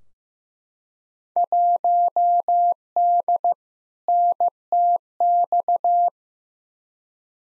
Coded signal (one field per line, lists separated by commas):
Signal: Morse code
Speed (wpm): 15 wpm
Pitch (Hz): 700 Hz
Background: none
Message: 1D NTX